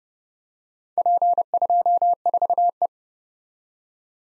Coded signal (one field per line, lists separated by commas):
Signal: Morse code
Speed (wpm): 34 wpm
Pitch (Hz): 700 Hz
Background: none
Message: P24E